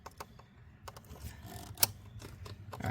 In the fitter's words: gonna push this down until I hear the click.